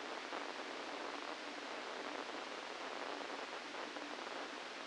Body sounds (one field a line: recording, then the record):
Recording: brain microelectrode recording played as sound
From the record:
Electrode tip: inside the subthalamic nucleus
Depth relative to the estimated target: 0 mm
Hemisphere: left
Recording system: NeuroSet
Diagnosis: Parkinson's disease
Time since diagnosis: 17 years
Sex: male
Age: 64 years